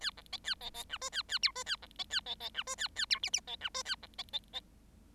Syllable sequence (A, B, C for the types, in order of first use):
A B C A C C D E A A F E A B C A C C D E A A F G G C D E A B C C C